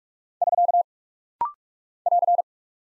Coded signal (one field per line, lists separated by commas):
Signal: Morse code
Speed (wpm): 46 wpm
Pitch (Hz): 700 Hz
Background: none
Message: <SK> <AR>